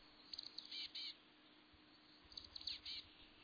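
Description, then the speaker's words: Chestnut-backed chickadee calls: two clusters of high, thin chips ending in short buzzy notes. Brown chickadee of the Pacific Northwest. "A chickadee of resplendent brown, the chestnut-backed chickadee, calls the Pacific Northwest home."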